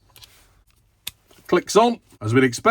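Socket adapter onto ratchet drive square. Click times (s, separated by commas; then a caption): 1.1 s. A 1/4 in (6.3 mm) adapter for the smaller sockets is pushed onto the drive square of a metal ratchet, and after a few faint ticks it snaps on with a sharp, loud click at 1.1 s. The adapter is seated on the ratchet, and someone talks afterward.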